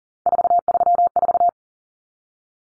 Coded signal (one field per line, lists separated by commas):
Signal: Morse code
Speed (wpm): 40 wpm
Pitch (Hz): 700 Hz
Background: none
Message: 434